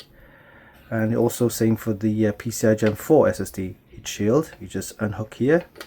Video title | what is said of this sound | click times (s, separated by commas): Gigabyte B860 AORUS ELITE WiFi7 ICE - An Affordable B860 Motherboard Packed with Enthusiast Features | and slot it in place with a nice click. | 0.0 s